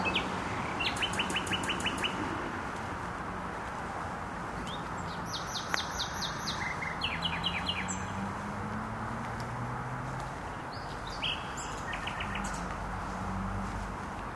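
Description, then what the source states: Nightingale song, fairly quiet, with short runs of repeated notes and scattered phrases separated by pauses, half buried in continuous traffic noise. Singing in bushes close to a noisy motorway, Trasa Toruńska, Bródno-Podgrodzie, Warsaw, Poland; recorded with an Olympus LS-11.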